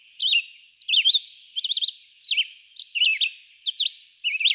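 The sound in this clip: Red-eyed vireo song: several quick slurred whistled phrases, some rising and falling, with uneven pauses between them.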